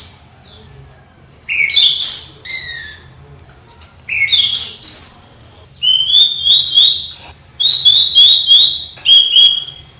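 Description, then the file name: Orange-headed Thrush singing spaced short phrases of scratchy notes followed by trilled, wavering whistles. "anis cendana"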